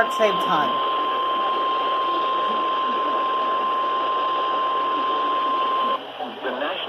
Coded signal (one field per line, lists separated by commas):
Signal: Emergency Alert System (SAME) tones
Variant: 1050 Hz attention tone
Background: speech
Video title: EAS 367-368 - SVR and TOR